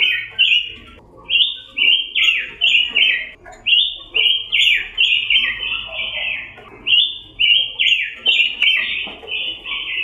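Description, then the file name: Red-billed leiothrix song: fast, rich whistled phrases of downslurred notes, run together almost continuously for ten seconds with brief pauses between bursts. Pancawarna (five-colour) variety of red-billed leiothrix. "robin pancawarna"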